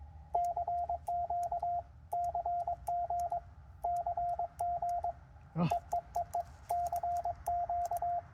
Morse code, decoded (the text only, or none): CQ CG CG EEEE CQ